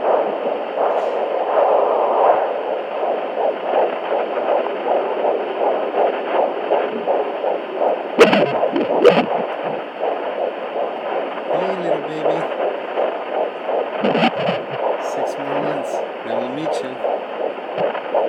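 Rapid, regular whooshing pulses with brief probe-movement crackles: a baby's heartbeat heard by Doppler at 13.5 weeks of pregnancy.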